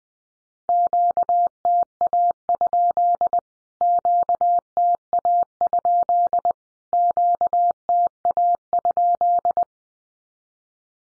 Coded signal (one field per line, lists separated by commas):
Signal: Morse code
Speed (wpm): 20 wpm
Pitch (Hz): 700 Hz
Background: none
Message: QTA? QTA? QTA?